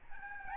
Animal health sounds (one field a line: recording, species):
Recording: mosquito wingbeat signal from an infrared sensor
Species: Aedes albopictus